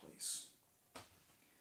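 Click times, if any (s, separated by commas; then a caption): 1.0 s. The tight drawbar on a model steam locomotive (261) is worked onto its tender. After a brief high-pitched hiss early on, a single small, sharp click at 1.0 s marks the drawbar popping into place. It is seated.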